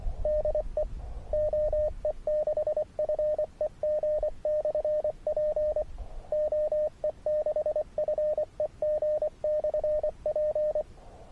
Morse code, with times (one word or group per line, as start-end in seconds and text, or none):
0.2-0.8 DE
1.3-5.8 OE6FEG/P
6.3-10.8 OE6FEG/P